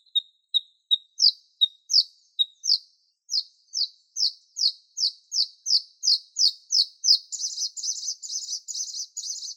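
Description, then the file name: Bluethroat song: soft short notes, then a long series of ringing repeated notes, finishing in a fast buzzy rattle. "Luscinia svecica"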